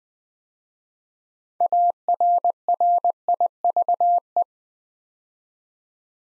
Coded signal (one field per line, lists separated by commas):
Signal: Morse code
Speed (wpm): 20 wpm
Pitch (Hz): 700 Hz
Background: none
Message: ARRIVE